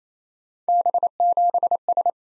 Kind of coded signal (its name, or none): Morse code